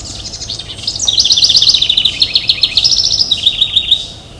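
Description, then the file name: House wren song: a bubbling, rapid cascade of high buzzy trills and chatters, running about three seconds with changing phrases and a slight drop near the end. "hwren"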